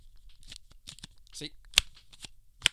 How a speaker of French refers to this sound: C'est un ancien téléphone que l'on ouvre. Et quand tu l'ouvres, c'est le clavier. Et tu tapotes comme un peu un écrivain.